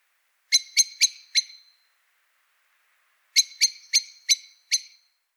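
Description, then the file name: Eurasian blackbird call: a run of four hard chinking notes, a pause of nearly two seconds, then five more in a brisk series. "Turdus merula"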